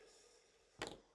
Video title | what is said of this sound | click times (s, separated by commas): MATOS - La Nouvelle Olight Seeker 4 | alors pour la sortie je suppose qu'il faut simplement faire un petit clic | 0.8 s